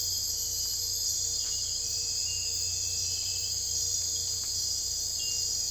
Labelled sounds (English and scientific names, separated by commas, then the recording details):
none
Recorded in secondary vegetation near Puerto Asís, Putumayo, Colombia, on 22 December 2024 at 01:00
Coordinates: 0.484, -76.319
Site GP06